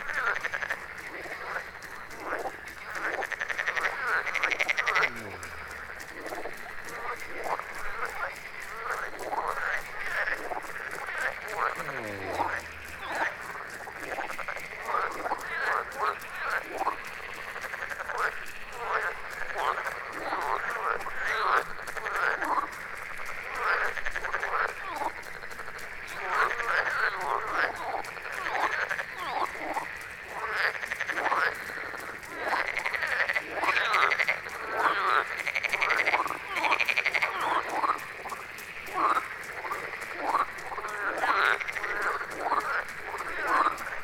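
A frog chorus croaks and chirps densely throughout, the calls overlapping in fast, rapid pulses that fill the upper-middle range. The texture stays busy and fairly steady, swelling slightly in the second half, with brief low downward sweeps around five and twelve seconds.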